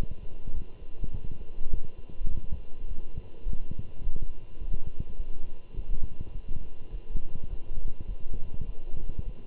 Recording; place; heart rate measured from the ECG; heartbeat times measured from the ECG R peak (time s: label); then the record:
heart sounds by stethoscope; between the tricuspid and mitral areas; 103 bpm
0.54 s: heartbeat
1.13 s: heartbeat
1.72 s: heartbeat
2.30 s: heartbeat
2.87 s: heartbeat
3.45 s: heartbeat
4.03 s: heartbeat
4.60 s: heartbeat
5.17 s: heartbeat
5.76 s: heartbeat
6.34 s: heartbeat
6.91 s: heartbeat
7.49 s: heartbeat
8.07 s: heartbeat
8.66 s: heartbeat
9.25 s: heartbeat
From the record:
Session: walking at 3.7 km/h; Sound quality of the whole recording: good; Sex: male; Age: 24 years